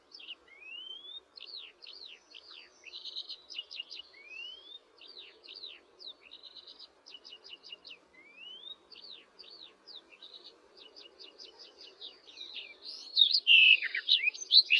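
Barred warbler giving quiet clusters of quick ticking notes and rising whistled slurs, then a louder, harsh scratchy burst in the final seconds.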